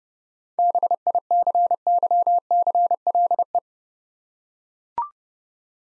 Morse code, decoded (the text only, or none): BICYCLE